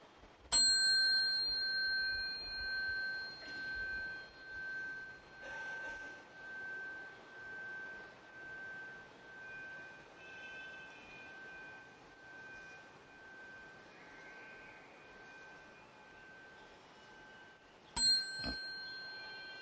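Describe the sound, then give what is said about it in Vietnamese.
A Buddhist temple bell is struck once and rings on for many seconds with a steady, pulsing high tone that slowly fades, then a second bright strike of a chime sounds near the end, cueing worshippers to bow during Buddhist prostrations. “Thì vừa đứng dậy rồi á, chúng ta xá theo cái tiếng chuông, chúng ta nghe tiếng khánh thì chúng ta lại xuống.”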